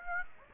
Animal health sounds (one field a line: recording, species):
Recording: mosquito wingbeat signal from an infrared sensor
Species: Aedes aegypti